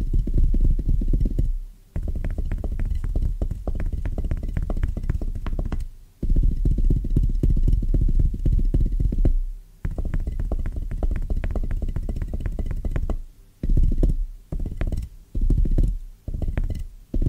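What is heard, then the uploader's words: Soft, bassy tapping runs in quick, even bursts with a deep, muffled thump under each stroke and faint clicks above. The rhythm stops briefly near 2, 6, 10 and 13 seconds, then turns choppier toward the end with short gaps. ASMR Rhythmic Tapping Bassy & Soft No Talking.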